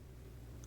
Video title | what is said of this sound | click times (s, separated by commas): S13E7 - A Look at a Grinding Coffee - Model BD CG015 | Yes, too much friction. I'll have to have two hands to turn it further clockwise until we hear it click and the | none